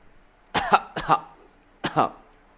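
Three harsh, dry coughs from an elderly man who cannot get up, in irregular succession, each a quick double hack, standing out clearly against a quiet background with a longer pause before the last one.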